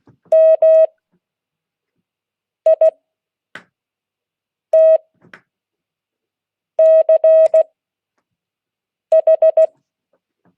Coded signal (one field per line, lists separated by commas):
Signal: Morse code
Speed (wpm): 16 wpm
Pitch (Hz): 630 Hz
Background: none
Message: MITCH